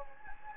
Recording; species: mosquito wingbeat signal from an infrared sensor; Anopheles gambiae